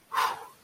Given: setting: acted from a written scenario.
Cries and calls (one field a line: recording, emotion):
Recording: vocal sound without words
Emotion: contentment